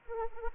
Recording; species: mosquito wingbeat signal from an infrared sensor; Anopheles arabiensis